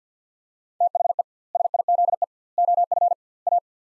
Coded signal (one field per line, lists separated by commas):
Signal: Morse code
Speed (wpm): 50 wpm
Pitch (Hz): 700 Hz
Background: none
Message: THE SIZE OF A